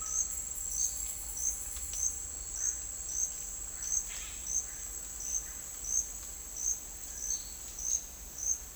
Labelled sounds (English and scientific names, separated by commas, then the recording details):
none
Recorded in dense forest near Puerto Asís, Putumayo, Colombia, on 21 December 2024 at 09:30
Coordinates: 0.485, -76.318
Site GP03